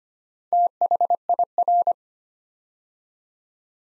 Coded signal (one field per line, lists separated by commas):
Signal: Morse code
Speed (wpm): 25 wpm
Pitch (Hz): 700 Hz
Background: none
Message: THIR